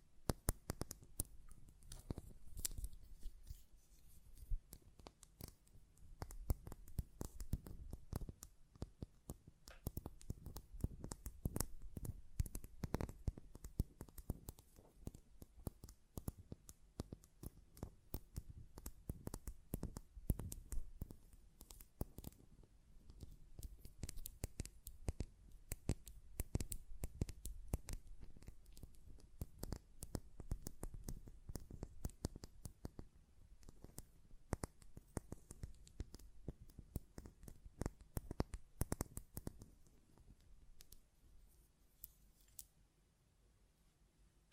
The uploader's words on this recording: ASMR Glass Perfume Bottle Tapping & Lid Sounds (No Talking).